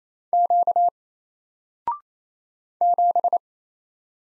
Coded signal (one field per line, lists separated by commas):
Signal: Morse code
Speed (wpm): 27 wpm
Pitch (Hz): 700 Hz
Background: none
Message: Q 7